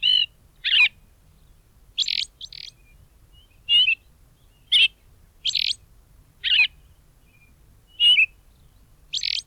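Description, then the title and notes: Austral thrush singing short, clear whistled phrases with sharp high notes, spaced by short pauses, over a quiet background. Bahía Blanca area; the only thrush species found locally; its song is described as melodious and spaced, given mainly at dawn. "Zorzal Patagónico (Turdus falcklandii) Tiene un canto melodioso y espaciado que emite predominantemente al amanecer."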